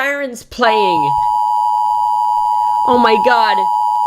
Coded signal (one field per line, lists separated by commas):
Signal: Emergency Alert System (SAME) tones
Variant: 853 and 960 Hz attention tone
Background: speech